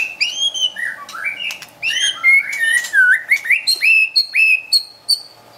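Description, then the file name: White-rumped shama song, a flowing run of rich whistles rising and falling, ending in a series of repeated short notes. Wild bird from forest near Medan, singing actively (gacor). "suara burung murai batu hutan medan gacor"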